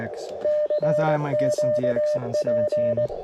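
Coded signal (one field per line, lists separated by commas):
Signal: Morse code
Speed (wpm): 18 wpm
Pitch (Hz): 590 Hz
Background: speech, radio noise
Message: CQ P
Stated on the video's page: CW Parks on the Air activation on 30m and 17m with homemade lightweight vertical antenna, during a contest weekend; iambic paddle.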